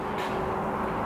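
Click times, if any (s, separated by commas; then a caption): none. A loose wire connector is pushed back down into its socket on the circuit board inside an older Permobil power wheelchair joystick housing. Only a steady, even background hum is heard, with no sharp sounds. The connector sits connected but has not snapped or clicked into place, so nothing holds it in.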